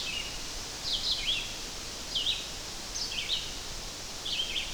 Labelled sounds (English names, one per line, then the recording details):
Red-eyed Vireo song
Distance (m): 25 m
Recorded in boreal forest in Alberta, Canada, on 12 June 2016 at 05:45
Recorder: SongMeter 3, array SBT-3-18
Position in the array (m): 238 m, 100 m